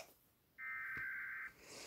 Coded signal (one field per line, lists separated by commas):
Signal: Emergency Alert System (SAME) tones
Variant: header bursts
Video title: Reaction to EAS Scenario#9 The Final | Made By GamerDonater2023